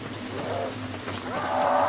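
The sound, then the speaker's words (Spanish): A goat in a video game bleats twice in wavering, nasal cries, the second longer and brighter, over a steady low electronic hum with no talking. “Va quemando cabras.”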